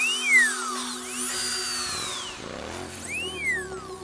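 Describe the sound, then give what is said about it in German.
A high, thin whine of a dentist's drill during a patient's dental treatment rises and falls in pitch, sweeping up and down over a steady mechanical hum, with brief scraping and suction noises mixed in. “Die unvermeidbaren Geräusche, das Bohren, Schaben und Absaugen, lassen sich dabei in Fantasiereisen einbauen, die auf den Patienten abgestimmt sind.”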